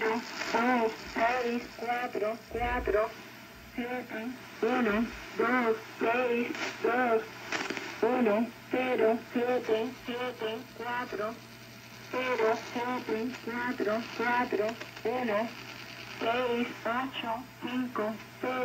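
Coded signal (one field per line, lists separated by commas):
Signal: numbers station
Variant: HM01, Cuban Lady, Spanish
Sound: a synthetic female voice reading numbers in short, evenly spaced words over hiss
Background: radio static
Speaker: and there you have the shortwave numbers station known as hm01 or the cuban lady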